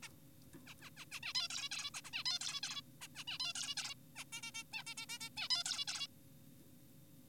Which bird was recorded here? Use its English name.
Zebra Finch